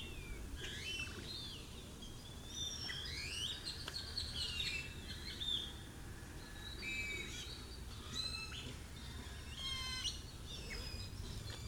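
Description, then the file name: Several birds call with bright chirps, upslurred whistles and quick rattling trills, over a constant low background hum. Birds heard amid ambient sound at La Cruz plaza. "Birds and Ambiance at La Cruz plaza"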